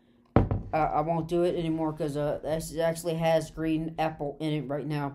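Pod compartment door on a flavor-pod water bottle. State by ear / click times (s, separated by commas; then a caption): seated / 0.4 s. The plastic pod compartment door on a flavor-pod water bottle snaps shut with a sharp hit at 0.4 seconds, after the flavor pod has been snugged into place, and it seats closed. Someone then talks for the rest of the clip.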